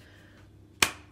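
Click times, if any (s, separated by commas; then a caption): 0.8 s. A plastic nozzle attachment is pressed hard onto a powerful hair dryer, which needs firm pressure to clip in properly. After a quiet moment, a single sharp click sounds at 0.8 s as the attachment snaps into place, and it now holds.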